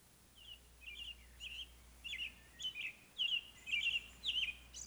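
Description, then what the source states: American robin song: short, warbled, whistled phrases repeated in a steady run of about two per second. Rare breeder in the northwestern counties of Florida.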